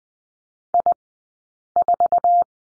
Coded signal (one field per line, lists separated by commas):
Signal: Morse code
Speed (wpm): 20 wpm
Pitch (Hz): 700 Hz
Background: none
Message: I4